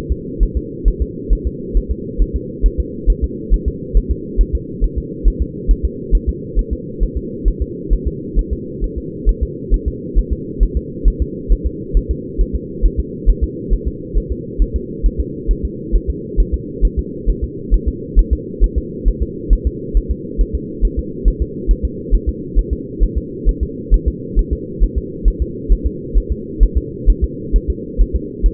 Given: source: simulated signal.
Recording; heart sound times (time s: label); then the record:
fetal heart sounds
0.12 s: S2
0.43 s: S1
0.57 s: S2
0.88 s: S1
1.02 s: S2
1.33 s: S1
1.47 s: S2
1.77 s: S1
1.91 s: S2
2.22 s: S1
2.36 s: S2
2.66 s: S1
2.80 s: S2
3.10 s: S1
3.24 s: S2
3.54 s: S1
3.68 s: S2
3.97 s: S1
4.11 s: S2
4.41 s: S1
4.55 s: S2
4.84 s: S1
4.98 s: S2
5.28 s: S1
5.42 s: S2
5.71 s: S1
5.85 s: S2
6.15 s: S1
6.29 s: S2
6.59 s: S1
6.73 s: S2
7.03 s: S1
7.17 s: S2
7.48 s: S1
7.62 s: S2
7.93 s: S1
8.07 s: S2
8.39 s: S1
8.53 s: S2
8.84 s: S1
8.98 s: S2
9.29 s: S1
9.43 s: S2
9.74 s: S1
9.88 s: S2
10.19 s: S1
10.33 s: S2
10.63 s: S1
10.77 s: S2
11.08 s: S1
11.22 s: S2
11.52 s: S1
11.67 s: S2
11.97 s: S1
12.11 s: S2
12.41 s: S1
12.55 s: S2
12.86 s: S1
13.00 s: S2
13.30 s: S1
13.44 s: S2
13.73 s: S1
13.88 s: S2
14.18 s: S1
14.32 s: S2
14.62 s: S1
14.76 s: S2
15.06 s: S1
15.20 s: S2
15.51 s: S1
15.65 s: S2
15.95 s: S1
16.10 s: S2
16.40 s: S1
16.54 s: S2
16.85 s: S1
16.99 s: S2
17.30 s: S1
17.44 s: S2
17.74 s: S1
17.88 s: S2
18.19 s: S1
18.33 s: S2
18.64 s: S1
18.78 s: S2
19.08 s: S1
19.22 s: S2
19.53 s: S1
19.67 s: S2
19.97 s: S1
20.11 s: S2
20.41 s: S1
20.55 s: S2
20.85 s: S1
20.99 s: S2
21.28 s: S1
21.42 s: S2
21.71 s: S1
21.85 s: S2
22.15 s: S1
22.29 s: S2
22.59 s: S1
22.73 s: S2
23.04 s: S1
23.18 s: S2
23.49 s: S1
23.63 s: S2
23.94 s: S1
24.08 s: S2
24.39 s: S1
24.53 s: S2
24.84 s: S1
24.98 s: S2
25.28 s: S1
25.42 s: S2
25.72 s: S1
25.86 s: S2
26.18 s: S1
26.32 s: S2
26.63 s: S1
26.77 s: S2
27.10 s: S1
27.24 s: S2
27.56 s: S1
27.70 s: S2
28.01 s: S1
28.16 s: S2
28.46 s: S1
From the record:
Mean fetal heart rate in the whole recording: 135 bpm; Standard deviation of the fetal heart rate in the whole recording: 3 bpm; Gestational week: 36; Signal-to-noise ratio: -4.1 dB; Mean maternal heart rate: no maternal heart sound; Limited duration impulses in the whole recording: absent